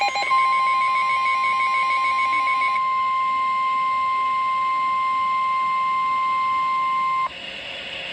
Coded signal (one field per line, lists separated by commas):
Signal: Emergency Alert System (SAME) tones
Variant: 1050 Hz attention tone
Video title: EAS #300!!!!!!!!! - Severe Thunderstorm Warning